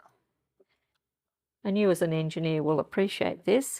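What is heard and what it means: A metal knee-lift lever is lined up with the small hole on the right side of a sewing machine before being pushed in. There is a faint tap near 0.6 s, and from about 1.6 s someone talks. Nothing has clicked into place yet.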